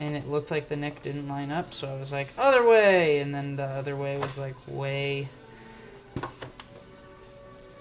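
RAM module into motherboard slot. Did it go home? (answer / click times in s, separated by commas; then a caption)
yes / 6.6 s. A RAM module is pressed into its motherboard slot after someone talks over music about whether the notch lines up. The talking stops around 5.3 s, a few short snaps follow, and the module clicks home with a sharp click at 6.6 s, seated.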